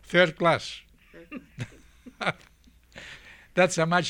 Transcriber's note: he laughs